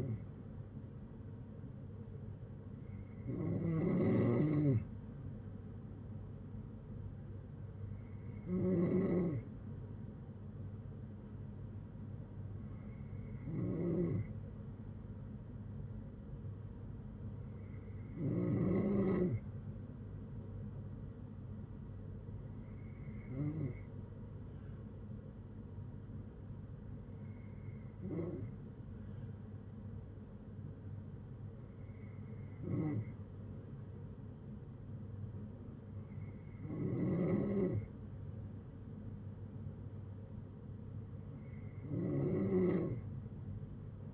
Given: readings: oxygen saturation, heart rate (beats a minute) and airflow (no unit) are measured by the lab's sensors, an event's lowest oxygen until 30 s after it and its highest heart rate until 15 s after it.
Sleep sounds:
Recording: breathing in sleep by a smartphone at the bedside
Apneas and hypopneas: none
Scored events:
31.00-44.14 s: new sleep stage, N3 (deep sleep)
From the record:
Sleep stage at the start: N2 (light sleep)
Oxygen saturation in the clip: 92 to 94%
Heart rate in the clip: 58 to 64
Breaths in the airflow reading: 10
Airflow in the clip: -7.6 to 6.3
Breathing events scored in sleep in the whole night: 182 in 7.4 hours asleep

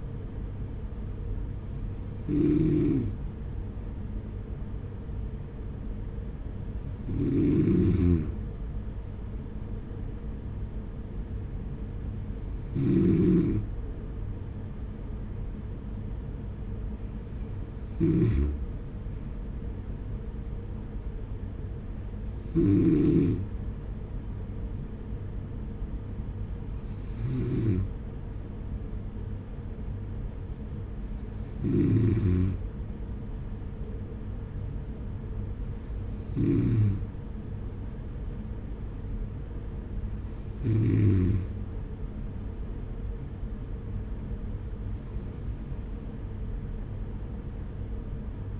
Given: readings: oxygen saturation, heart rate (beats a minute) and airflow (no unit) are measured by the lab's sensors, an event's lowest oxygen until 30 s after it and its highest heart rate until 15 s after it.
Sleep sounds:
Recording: breathing in sleep by a smartphone at the bedside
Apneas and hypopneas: none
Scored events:
none scored
From the record:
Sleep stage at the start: N2 (light sleep)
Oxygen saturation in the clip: 94%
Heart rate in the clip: 46 to 50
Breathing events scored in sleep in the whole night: 210 in 6.9 hours asleep

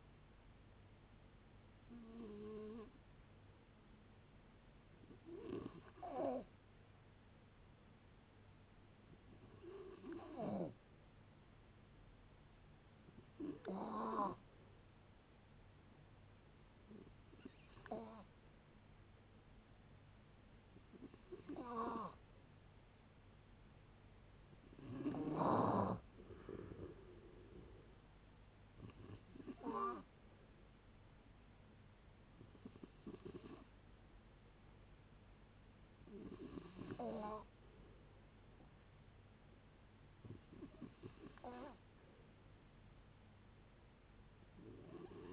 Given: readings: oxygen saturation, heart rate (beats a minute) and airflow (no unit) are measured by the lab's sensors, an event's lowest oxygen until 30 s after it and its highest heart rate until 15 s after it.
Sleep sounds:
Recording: a person awake in a sleep study, by a voice recorder at the bedside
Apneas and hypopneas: none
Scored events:
0.00-45.33 s: awake
0.00-45.33 s: awake
From the record:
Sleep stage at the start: awake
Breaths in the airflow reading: 16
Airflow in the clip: -0.6 to 0.6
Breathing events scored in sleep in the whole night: 496 in 5.4 hours asleep

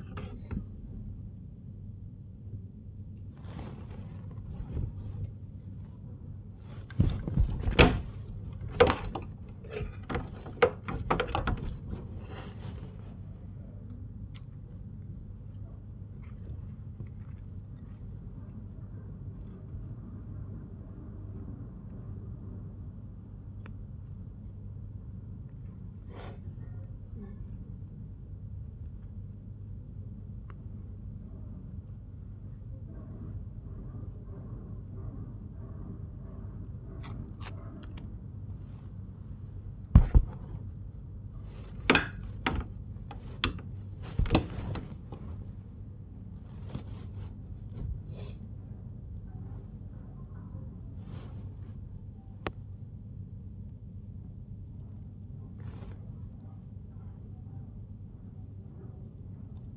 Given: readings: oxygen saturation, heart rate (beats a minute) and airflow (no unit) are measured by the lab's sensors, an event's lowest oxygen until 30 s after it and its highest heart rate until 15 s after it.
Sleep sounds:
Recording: a person awake in a sleep study, by a smartphone at the bedside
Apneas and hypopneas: none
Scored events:
0.00-59.77 s: awake
From the record:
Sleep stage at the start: awake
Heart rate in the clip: 41 to 93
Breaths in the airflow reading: 19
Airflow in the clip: -0.7 to 0.7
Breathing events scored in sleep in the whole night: 51 in 8.9 hours asleep

